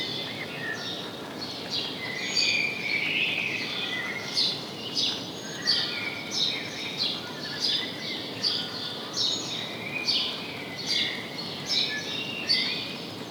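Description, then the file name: House sparrow calls, dense overlapping chirps with uneven rhythm, bright and short, set against continuous background noise. "Passer domesticus"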